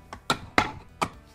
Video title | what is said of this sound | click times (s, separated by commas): The ULTIMATE Home Theater Seat - Worth the cost?? Valencia Tuscany XL Ultimate Luxury | once in the tracks you can just give them a good push and they click into place now | 0.3 s, 0.6 s